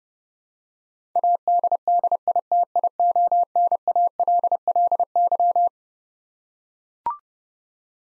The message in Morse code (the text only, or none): ADDITIONALLY